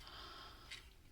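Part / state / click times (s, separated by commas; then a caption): plastic strut going into the toy's tail fin slot / not seated / none. A small plastic strut on a transforming toy is tapped toward its slot behind the tail fin, with a few faint ticks and soft handling noise over a steady background hiss. The strut has not snapped or clicked into place yet.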